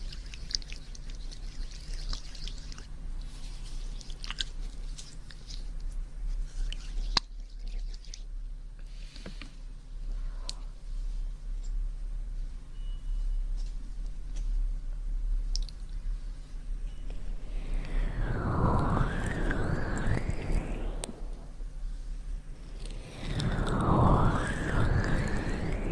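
Ear cleaning and massage sounds: soft scattered clicks and squishy wet rubbing, swelling into two dense, gurgling bursts near 18 and 24 seconds.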